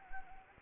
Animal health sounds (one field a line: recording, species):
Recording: mosquito wingbeat signal from an infrared sensor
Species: Anopheles gambiae